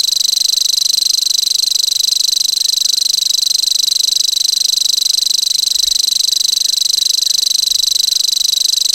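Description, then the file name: Common grasshopper warbler reeling, a thin buzzing trill of fast repeated ticks sustained evenly for nine seconds without any pause. "grasshopper warbler omkicau"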